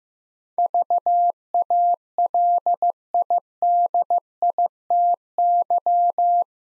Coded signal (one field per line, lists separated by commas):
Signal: Morse code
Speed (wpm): 15 wpm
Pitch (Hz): 700 Hz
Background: none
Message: VALIDITY